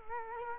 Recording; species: mosquito wingbeat signal from an infrared sensor; Culex quinquefasciatus